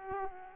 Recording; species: mosquito wingbeat signal from an infrared sensor; Aedes aegypti